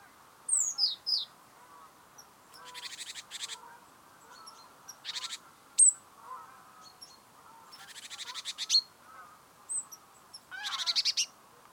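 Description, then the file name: Great tit calls: harsh buzzy churring rattles repeated several times, mixed with a few thin sharp notes and short chips between them. "Parus major"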